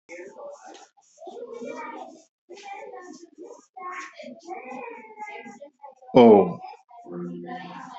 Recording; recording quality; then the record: sustained vowel as in boot; poor, much background noise or distortion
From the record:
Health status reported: healthy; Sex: male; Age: 36 years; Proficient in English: yes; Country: India